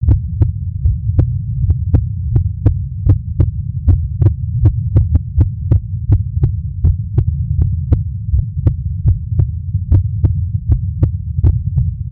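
A real heartbeat at about 80 beats per minute, heard as sharp, paired lub-dub clicks over a steady low-pitched hum.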